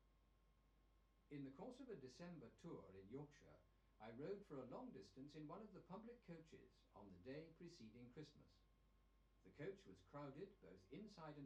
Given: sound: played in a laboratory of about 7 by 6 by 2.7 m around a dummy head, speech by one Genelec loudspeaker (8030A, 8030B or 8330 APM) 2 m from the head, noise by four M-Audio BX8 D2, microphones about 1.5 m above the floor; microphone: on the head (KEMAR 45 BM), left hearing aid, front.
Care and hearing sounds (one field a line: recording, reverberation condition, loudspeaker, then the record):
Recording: male speech in English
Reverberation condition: low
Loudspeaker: 120 degrees to the right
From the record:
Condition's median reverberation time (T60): about 310 ms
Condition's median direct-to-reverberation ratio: about 3.5 dB